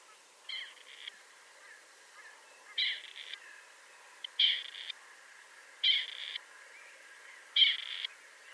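Partridge repeating a scratchy, creaking call every couple of seconds, five calls growing slightly louder, with quiet background hiss.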